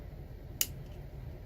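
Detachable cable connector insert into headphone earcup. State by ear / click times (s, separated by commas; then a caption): seated / 0.6 s. A modded detachable cable connector insert is pressed into the second side of a Beyerdynamic DT-series headphone earcup, under the plastic wings. A single sharp, bright snap at 0.6 s stands out against a quiet low rumble. The connector is seated and locked in, now hard to remove.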